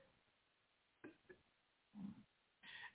In the background snoring. He fell right back asleep. Now he in here snoring. He's tired. He had a long day.